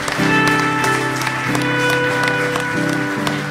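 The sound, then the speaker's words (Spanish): An audience at a Sunday service of the Iglesia Jesús es el Camino church claps steadily throughout as applause for the Lord, a dense, continuous patter layered over sustained keyboard or organ chords that shift a few times. “El aplauso es para el Señor.”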